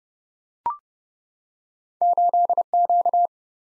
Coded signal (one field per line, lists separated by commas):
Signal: Morse code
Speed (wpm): 27 wpm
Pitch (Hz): 700 Hz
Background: none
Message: 8Q